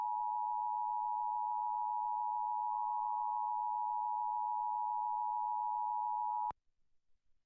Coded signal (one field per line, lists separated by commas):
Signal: Emergency Alert System (SAME) tones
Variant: 853 and 960 Hz attention tone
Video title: [EAS #185-187] NYC Required Monthly Tests (Read Description)